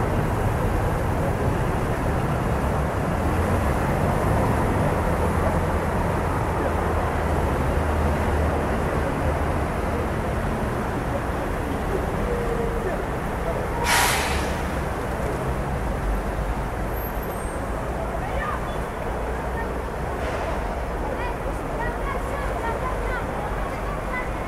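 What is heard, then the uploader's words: A city at night, heard as a steady, dense low rumble of traffic that barely changes over the whole stretch. A faint hum sits underneath, and around the fourteenth second a brief sharp hiss or clatter cuts through, with faint murmurs of voices. This is a podcast of ambient sounds from the city of France at night.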